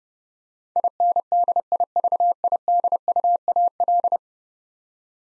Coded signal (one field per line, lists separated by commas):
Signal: Morse code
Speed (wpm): 32 wpm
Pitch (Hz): 700 Hz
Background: none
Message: INDIVIDUAL